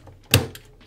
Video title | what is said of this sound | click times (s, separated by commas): Armada Fans Are Eating GOOD - #transformers Legacy Armada Optimus Prime and SG Sideswipe | Peg that into the shoulders and then snap into place | 0.3 s